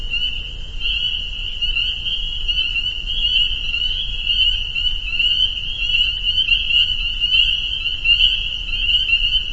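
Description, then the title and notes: Massed spring peepers calling together, an unbroken high-pitched jingling wall of peeps over faint low background hum. Soundscape at a peeper pond on friends' property in northern Vermont. "Peepers. the peeper pond on our friends' property in northern Vermont"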